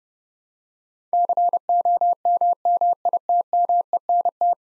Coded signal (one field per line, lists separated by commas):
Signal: Morse code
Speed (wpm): 32 wpm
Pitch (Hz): 700 Hz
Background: none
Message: COMMITMENT